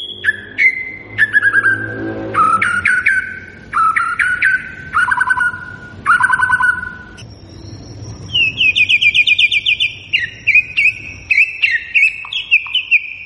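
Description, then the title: White-rumped shama song: a series of rich downslurred whistles repeated at short intervals, then a higher run of rapid trilled notes. Lure recording intended to prompt the bird to sing and respond. "PANCINGAN MURAI BATU GACOR"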